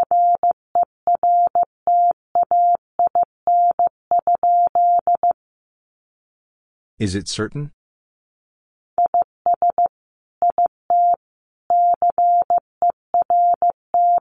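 A single steady mid-pitched tone keys on and off in Morse code, short dots and longer dashes grouped into letters with brief gaps. The sending stops for a few seconds, broken near the seventh second by a short burst of rustling noise, then the beeping resumes.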